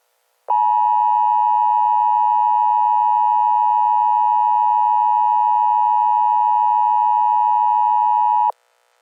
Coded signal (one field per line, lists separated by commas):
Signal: Emergency Alert System (SAME) tones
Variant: 853 and 960 Hz attention tone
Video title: EAS | The Attack II